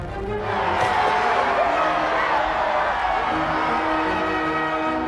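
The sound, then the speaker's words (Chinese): About 100,000 garrison troops at Iserlohn Fortress in Legend of the Galactic Heroes roar in cheers at news of a peace agreement. A dense, sustained wash of cheering voices swells in within the first half second and holds steady and loud to the end. “宇宙历801年，新帝国历3年6月1号，讲和成立的消息传到了伊士伦要塞，大约有10万的留守部队笼罩在一片欢呼声当中。”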